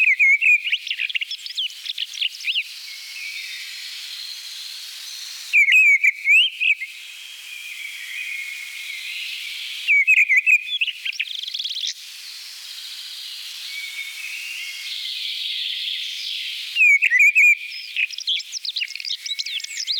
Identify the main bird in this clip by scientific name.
Turdus viscivorus